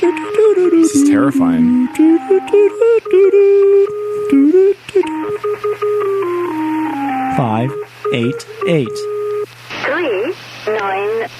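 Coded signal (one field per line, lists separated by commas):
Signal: numbers station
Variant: Lincolnshire Poacher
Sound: electronic folk-tune notes alongside a synthetic voice reading numbers like 588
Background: radio static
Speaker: the most famous of them is one called the Lincolnshire poacher sounds friendly love the way this is found they can't quite pinpoint it but they think it actually is being broadcast from Cyprus but take a listen to this is the Lincolnshire poacher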